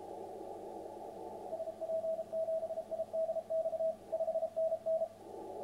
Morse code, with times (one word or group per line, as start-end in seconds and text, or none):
1.5-3.9 SP7IDX
4.1-5.0 5NN